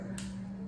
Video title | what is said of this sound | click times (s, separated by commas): Indian Supermarket Budget Shave. Vlog#06 | इसमें एक simple mechanism है, आपको आवाज आएगी क्लिक। | 0.2 s